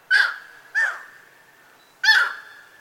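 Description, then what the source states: Yellow-crowned Night Heron giving three harsh, squawking calls, short and abrupt, spaced unevenly over about two seconds. Called grosbeak as a regional name in southeast Texas and Louisiana, where it hangs around crawfish aquaculture ponds; thick, stout beak for crunching crabs and crawfish.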